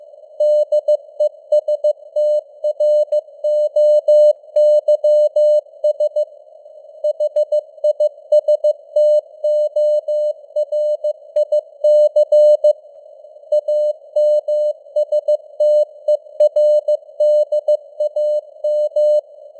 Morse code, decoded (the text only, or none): DESTROYS HISTORIC AMSTERDAM